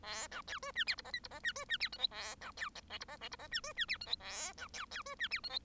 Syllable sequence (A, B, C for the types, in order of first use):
A B C D E F G H I G H E D E F J K A B C L G H L G H E D E F J K A B C C D E F J K